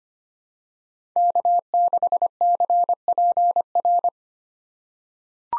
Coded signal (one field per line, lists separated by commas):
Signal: Morse code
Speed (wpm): 25 wpm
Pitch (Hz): 700 Hz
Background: none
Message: K6CPR